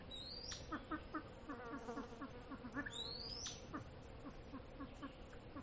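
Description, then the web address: Silver pheasant giving low, soft clucks in an uneven series, with thin rising whistles twice in the background. "lophura-nycthemera-sound"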